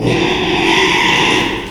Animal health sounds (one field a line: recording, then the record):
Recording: squeal of a Yucatan mini pig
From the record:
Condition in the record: after surgery on the right vocal fold (resection and tissue-engineered implant)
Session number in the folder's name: 1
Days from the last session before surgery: 6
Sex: male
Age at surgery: 12 weeks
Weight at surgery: 13 kg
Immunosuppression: cyclosporine, prednisolone